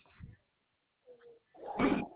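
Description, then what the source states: Koala with a low grunt, a brief faint whine, then a loud harsh squalling call at the end. Recorded 26 May 2021.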